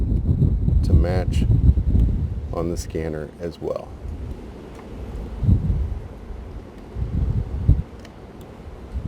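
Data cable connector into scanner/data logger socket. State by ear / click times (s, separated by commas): seated / 8.1 s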